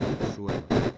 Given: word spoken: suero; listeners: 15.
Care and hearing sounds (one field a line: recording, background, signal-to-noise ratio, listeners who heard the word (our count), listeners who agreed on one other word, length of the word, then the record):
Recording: one Spanish word in noise, from a listening test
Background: noise modulated by one talker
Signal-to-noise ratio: -11.7 dB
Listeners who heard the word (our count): 1 of 15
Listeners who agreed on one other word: 10 of 15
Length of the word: 0.58 s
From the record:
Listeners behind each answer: 10, 2, 1, 1, 1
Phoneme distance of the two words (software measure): 10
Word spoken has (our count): 2 syllables, 5 phonemes, stress on syllable 1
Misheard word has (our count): 2 syllables, 5 phonemes, stress on syllable 1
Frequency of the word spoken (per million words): 5.22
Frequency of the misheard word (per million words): 134.80